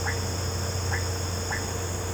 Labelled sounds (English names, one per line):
none